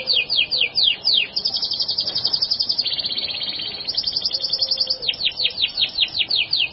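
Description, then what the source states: Bird song with repeated steeply falling whistles, a long sustained buzzy trill in the middle, then more falling whistles. Labelled as a masteran recording.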